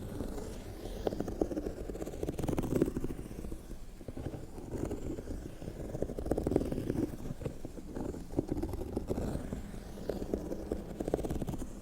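Fingernails scratch steadily across leather bags, a dense, continuous rasping that stays mostly low and muffled with little brightness. Quick strokes repeat irregularly throughout, with small sharper scrapes now and then, and the loudness holds fairly even for the whole stretch.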